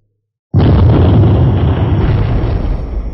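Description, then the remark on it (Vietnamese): After a brief silence, a loud explosion bursts in and rolls on as a deep, continuous rumbling roar echoing through a mountain valley as the ground cracks open and the cracks spread outward, easing only slightly by the end. “Tiếng nổ không ngừng vang vọng sơn cốc, mặt đất lập tức nứt ra từ chỗ hai tay của Hàng Lập, hơn nữa còn không ngừng lan ra xung quanh.”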